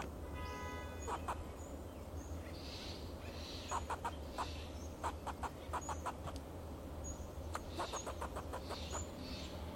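Fox squirrel giving rapid series of short, sharp chucks in bursts, with high thin bird chirps and a steady low hum behind.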